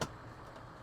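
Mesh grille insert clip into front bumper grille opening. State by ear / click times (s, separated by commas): seated / 0.0 s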